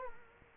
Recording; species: mosquito wingbeat signal from an infrared sensor; Culex quinquefasciatus